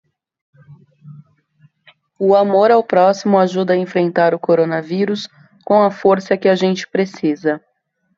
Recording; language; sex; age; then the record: spoken sentence; Brazilian Portuguese; female; 30 to 39 years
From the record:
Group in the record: control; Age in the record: 34 years